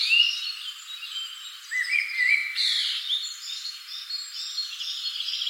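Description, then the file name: Common blackbird calls: a few whistled, slightly wavering notes that rise and fall, set against a thick chorus of other twittering birds. "Turdus merula"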